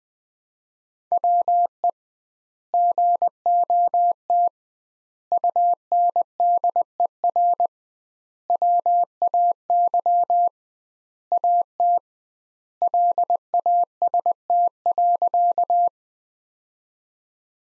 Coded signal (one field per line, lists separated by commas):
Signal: Morse code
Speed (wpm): 21 wpm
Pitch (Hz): 700 Hz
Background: none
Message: WE GOT UNDER WAY AT LAST.